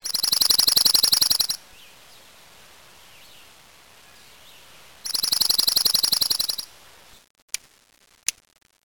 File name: darkeyedjunco